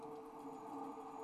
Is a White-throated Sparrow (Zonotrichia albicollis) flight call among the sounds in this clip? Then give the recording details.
no. No flight call is heard. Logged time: 03:13 on 8 December 2014